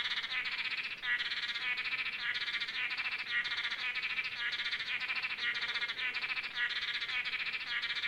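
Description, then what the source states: Blue-backed manakins producing a steady stream of buzzy, nasal notes from several birds, closely overlapping and continuous throughout. Several birds calling together.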